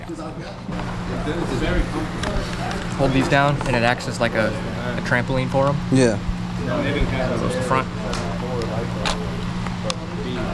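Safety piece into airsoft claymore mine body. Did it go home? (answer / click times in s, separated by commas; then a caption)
yes / 9.7 s, 9.9 s. A safety piece on an airsoft claymore-style mine is pushed down into the mine body until it locks into place, putting it on safe. Someone talks over a steady low hum, and sharp short clicks are heard at 9.7 s and 9.9 s as the piece seats.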